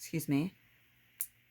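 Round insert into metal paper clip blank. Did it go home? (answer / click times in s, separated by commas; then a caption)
yes / 1.2 s. Someone talks briefly as a round paper insert, like a 1-inch button-maker piece, is pushed up into a metal paper clip blank. A sharp click at 1.2 s marks the insert snapping into the blank's recess, seated in place.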